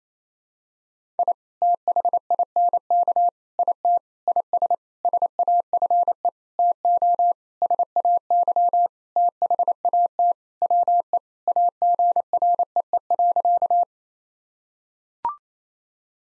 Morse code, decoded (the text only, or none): I THINK IT IS SAFE TO SAY THAT WE AGREE.